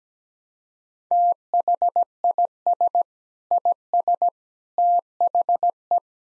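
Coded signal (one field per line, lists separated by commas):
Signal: Morse code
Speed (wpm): 17 wpm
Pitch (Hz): 700 Hz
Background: none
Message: THIS IS THE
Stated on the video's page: Morse code practice at 17 wpm, sending sentences of common seven-word phrases, each sent twice.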